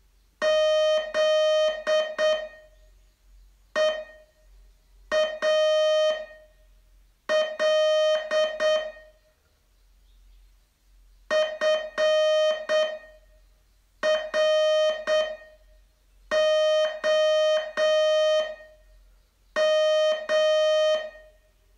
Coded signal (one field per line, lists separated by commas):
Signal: Morse code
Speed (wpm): 7 wpm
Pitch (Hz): 620 Hz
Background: music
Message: ZEAL FROM